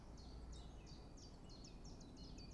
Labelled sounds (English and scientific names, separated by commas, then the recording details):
Common Chiffchaff (Phylloscopus collybita)
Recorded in Germany
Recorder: ecoPi